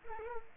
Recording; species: mosquito wingbeat signal from an infrared sensor; Culex pipiens